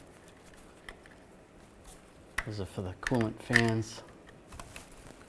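A plastic cooling fan harness connector for the coolant fans on a 1998-2010 Volkswagen Beetle is handled during an A/C condenser replacement, with faint handling ticks while someone talks. The connector has not seated or locked yet.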